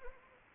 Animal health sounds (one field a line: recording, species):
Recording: mosquito wingbeat signal from an infrared sensor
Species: Anopheles arabiensis